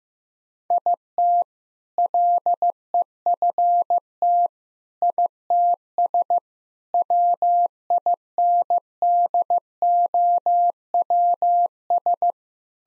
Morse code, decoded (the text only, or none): IT LEFT ITS WINDOWS